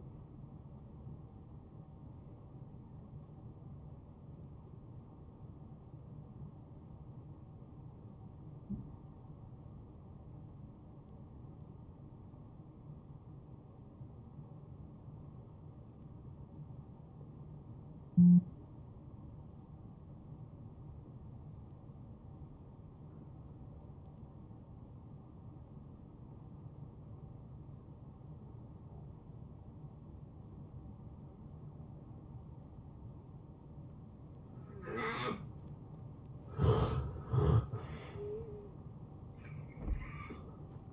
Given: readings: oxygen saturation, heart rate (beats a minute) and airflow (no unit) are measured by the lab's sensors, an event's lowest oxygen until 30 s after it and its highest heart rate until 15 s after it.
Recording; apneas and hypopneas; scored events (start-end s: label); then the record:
breathing in sleep by a smartphone at the bedside; 1
3.00-35.50 s: hypopnea (N1, oxygen 92% highest, then 76% lowest, heart rate 81 at the start, 81 highest)
From the record:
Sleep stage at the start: N1 (lightest sleep); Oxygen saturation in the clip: 79 to 92%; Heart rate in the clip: 71 to 82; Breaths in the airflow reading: 6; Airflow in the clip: -16.8 to 6.1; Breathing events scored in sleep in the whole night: 263 in 5.5 hours asleep